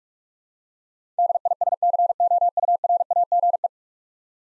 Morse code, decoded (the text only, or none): DISCOURAGE